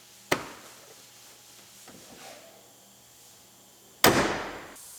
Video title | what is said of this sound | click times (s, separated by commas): Completing the C7 Corvette repair and giving it a proper test drive. | They just snap into place. | 0.3 s, 4.0 s